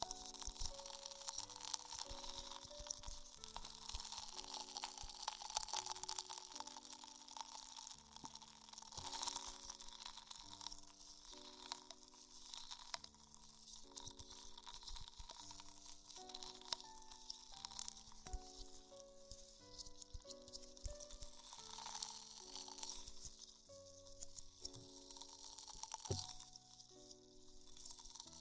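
Tingly ear exploration sounds: a steady bed of bright, crisp rustling and wet crackling runs throughout, with frequent sharper bursts every few seconds. Underneath, a soft low melody moves in slow, even steps for the whole half minute.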